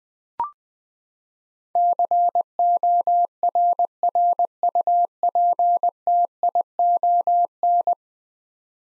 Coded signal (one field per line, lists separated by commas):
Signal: Morse code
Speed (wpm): 21 wpm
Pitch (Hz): 700 Hz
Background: none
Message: CORRUPTION